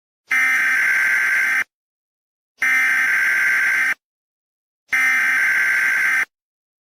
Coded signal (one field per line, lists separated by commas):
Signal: Emergency Alert System (SAME) tones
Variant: header bursts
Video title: Eas scenario: Horrors of the Freakager / Halloween special